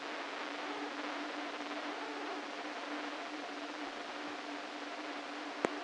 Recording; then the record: brain microelectrode recording played as sound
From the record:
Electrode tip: inside the subthalamic nucleus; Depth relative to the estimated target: -1 mm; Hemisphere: right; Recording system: NeuroSet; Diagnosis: Parkinson's disease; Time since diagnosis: 13 years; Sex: male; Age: 49 years